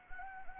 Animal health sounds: mosquito wingbeat signal from an infrared sensor; Anopheles arabiensis

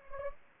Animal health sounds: mosquito wingbeat signal from an infrared sensor; Anopheles gambiae

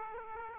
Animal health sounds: mosquito wingbeat signal from an infrared sensor; Aedes aegypti

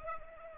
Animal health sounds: mosquito wingbeat signal from an infrared sensor; Culex pipiens

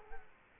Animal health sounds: mosquito wingbeat signal from an infrared sensor; Culex quinquefasciatus

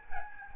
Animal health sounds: mosquito wingbeat signal from an infrared sensor; Aedes albopictus

